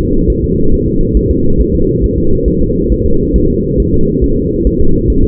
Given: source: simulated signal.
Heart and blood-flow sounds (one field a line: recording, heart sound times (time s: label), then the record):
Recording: fetal heart sounds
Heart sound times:
0.00 s: S2
0.30 s: S1
0.44 s: S2
0.73 s: S1
0.88 s: S2
1.17 s: S1
1.31 s: S2
1.61 s: S1
1.75 s: S2
2.04 s: S1
2.18 s: S2
2.48 s: S1
2.62 s: S2
2.92 s: S1
3.06 s: S2
3.36 s: S1
3.50 s: S2
3.80 s: S1
3.94 s: S2
4.24 s: S1
4.38 s: S2
4.67 s: S1
4.81 s: S2
5.10 s: S1
5.24 s: S2
From the record:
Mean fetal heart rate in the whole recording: 140 bpm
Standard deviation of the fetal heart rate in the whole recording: 2 bpm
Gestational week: 34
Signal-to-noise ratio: -17.7 dB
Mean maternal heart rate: 72 bpm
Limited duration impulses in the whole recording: present